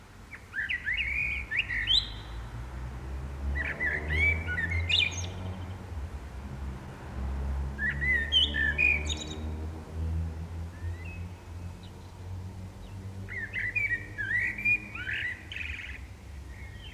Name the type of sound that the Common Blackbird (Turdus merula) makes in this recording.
song